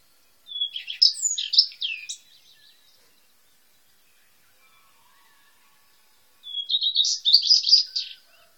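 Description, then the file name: Eurasian skylark song, a quick twittering phrase with sliding notes, then silence, then another dense, trilled high phrase near the end. "allodola"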